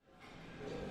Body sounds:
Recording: background sound without coughing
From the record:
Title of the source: 60 minutes of coffee shop sounds for study and concentration

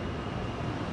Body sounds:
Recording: background sound without coughing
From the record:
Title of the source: 30 MINUTES Construction Site Ambience (CC BY 4.0)

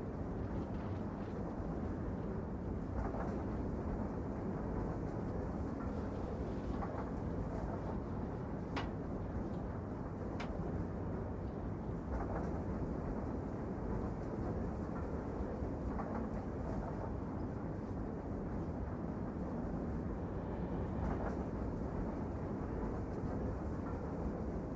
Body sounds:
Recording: background sound without coughing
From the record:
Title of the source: Train Ride Ambience ambient white noise for sleeping, focus, studying, reading

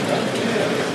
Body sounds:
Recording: background sound without coughing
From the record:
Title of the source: Office Sounds Ambience - Background Noise for Study and Work

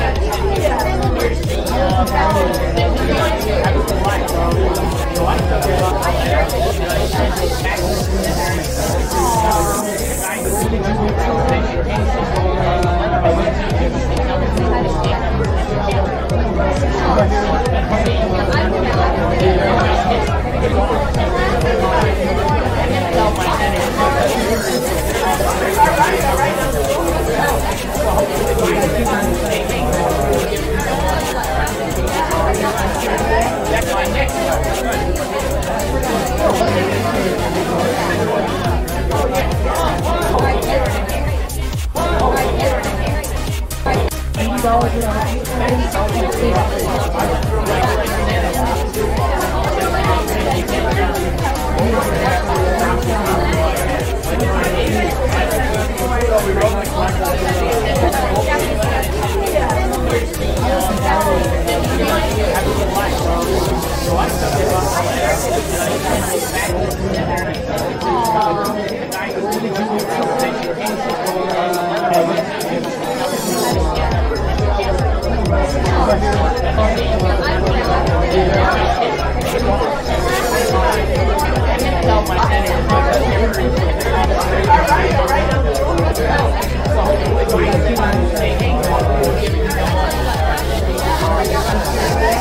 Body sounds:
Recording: background sound without coughing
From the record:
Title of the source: Nightlife Party Simulating Party Club Noise 1 Hour

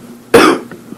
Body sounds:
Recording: coughing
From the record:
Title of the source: Coughing 77

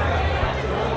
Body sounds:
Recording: background sound without coughing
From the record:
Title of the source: CITY SOUNDS Busy Bar in the Evening Night - 2 HOURS of Ambiance for Relaxation

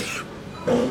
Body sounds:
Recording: coughing mixed with background sound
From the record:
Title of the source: 64 coughing, allergies, singing lungs

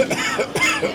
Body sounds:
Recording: coughing mixed with background sound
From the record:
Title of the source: Dry Afternoon Cough

